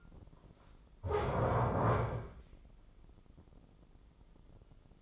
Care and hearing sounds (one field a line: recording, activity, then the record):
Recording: daily activity, microphone in the room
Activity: stand up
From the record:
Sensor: 5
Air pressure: 996.1 hPa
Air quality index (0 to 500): 244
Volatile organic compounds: 460 ppm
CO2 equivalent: 4764 ppm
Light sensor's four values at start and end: 157/377/159/174 and 157/376/159/173